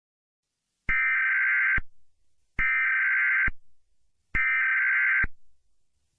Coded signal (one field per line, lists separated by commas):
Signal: Emergency Alert System (SAME) tones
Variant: header bursts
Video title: EAS Collab Scenario 1 - Holy Ukrainian Reich (Collab w/ Dormio Studios Official)